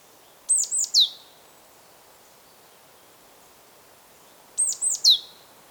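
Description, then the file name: Great tit giving two identical high three-note calls about four seconds apart, each closing with a downward slur, with quiet steady hiss between. "Parus major"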